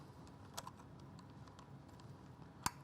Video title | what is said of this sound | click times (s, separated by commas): URSA MINI Pro and Davinci Resolve New Panels explained | you can hear that torque wrench click when it hits the torque setting | 2.7 s